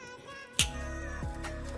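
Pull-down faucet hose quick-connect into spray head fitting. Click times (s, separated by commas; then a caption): 0.6 s. A Phister pull-down kitchen faucet hose end is pushed into the spray head's quick-connect fitting. One sharp, loud click sounds at 0.6 s over a steady tonal background hum. The hose is seated and locked into the fitting.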